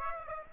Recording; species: mosquito wingbeat signal from an infrared sensor; Aedes aegypti